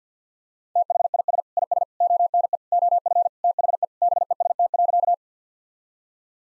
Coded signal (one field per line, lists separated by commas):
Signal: Morse code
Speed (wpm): 50 wpm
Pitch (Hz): 700 Hz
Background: none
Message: THIS IS ONE OF THE BEST.